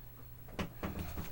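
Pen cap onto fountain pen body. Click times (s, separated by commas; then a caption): 0.6 s. A Hauser fountain pen cap is pushed onto the fountain pen body until it snaps home, giving a sharp, positive click at 0.6 s. A few softer knocks follow, and the cap is seated.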